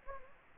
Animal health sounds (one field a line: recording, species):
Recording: mosquito wingbeat signal from an infrared sensor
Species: Anopheles gambiae